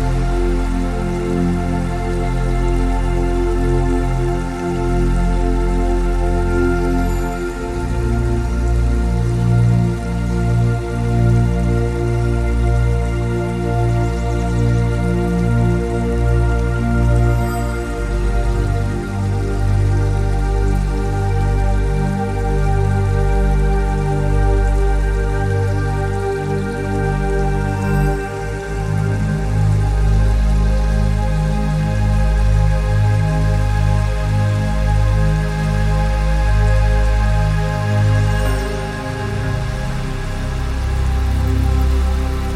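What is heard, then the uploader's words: Soft, soothing music of long held notes, with deep low chords that shift slowly about every ten seconds. A gentle trickle of water, like a small river, runs steadily beneath it, and the level stays even throughout. A Healing River & Nature Sounds.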